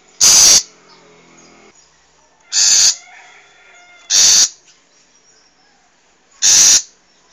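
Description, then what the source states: Long-tailed shrike calling with four loud grating bursts at irregular intervals of about one and a half to two and a half seconds. Wild long-tailed shrike; recording used as a master recording for training cage birds.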